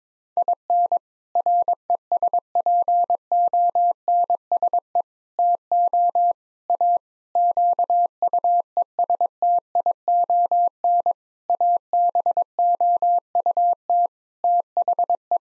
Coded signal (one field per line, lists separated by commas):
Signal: Morse code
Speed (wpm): 22 wpm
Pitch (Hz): 700 Hz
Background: none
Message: IN RESPONSE TO A QUESTION ABOUT THE